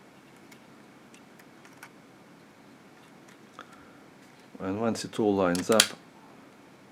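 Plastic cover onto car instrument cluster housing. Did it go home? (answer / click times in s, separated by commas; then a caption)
no / none. The plastic front cover of a BMW E90 instrument cluster is put back on and lined up by hand over the housing during a fix for a loose dial needle, with only faint handling ticks near 1.8 and 3.6 seconds against a quiet background. Someone talks near the end, and the cover has not been pushed down or clicked into place yet.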